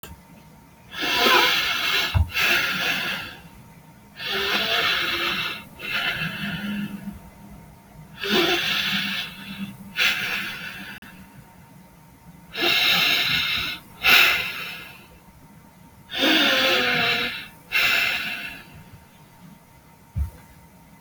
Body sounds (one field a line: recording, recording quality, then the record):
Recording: deep breathing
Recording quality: excellent, no background noise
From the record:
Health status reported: healthy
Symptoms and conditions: none ticked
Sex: male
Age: 32 years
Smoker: not ticked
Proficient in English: yes